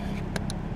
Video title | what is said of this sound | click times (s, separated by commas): CHECKING OUT AN 07 (PONTIAC) VIBE | like such. You'll hear it click. That's good. | 0.4 s, 0.5 s